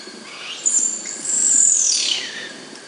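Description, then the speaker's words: Sooty owl call: one long, piercing, very high whistle held for over a second, then sliding steeply downward, against a quiet background. Described as a spectacular, terrifying call; recorded by the researchers. "There's some other spectacular calls we've recorded, like the sooty owl."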